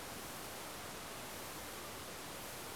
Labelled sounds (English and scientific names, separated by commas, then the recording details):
none
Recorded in France